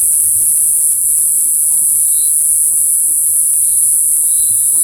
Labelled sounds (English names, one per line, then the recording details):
none
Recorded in forest near Pivijay, Magdalena, Colombia, on 13 April 2023 at 13:30
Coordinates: 10.467, -74.380
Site Z5-G034